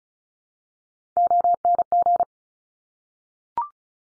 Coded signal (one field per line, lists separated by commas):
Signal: Morse code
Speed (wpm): 36 wpm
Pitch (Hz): 700 Hz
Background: none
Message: ONG